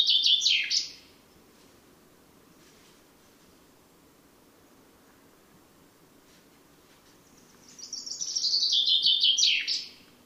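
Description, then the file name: Common chaffinch song: the tail of one descending trilled phrase at the start, a long quiet gap, then a second full phrase that descends and ends in a short flourish. "Fringilla coelebs"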